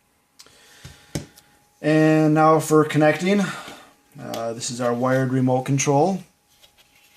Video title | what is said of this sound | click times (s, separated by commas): Lawmate PV-500 EVO 2 HD DVR CMD-BU20 CMD-BU13LX Walkthrough | And then you can click over here to lock the DVR so the battery just doesn't pop out. | 0.4 s, 1.1 s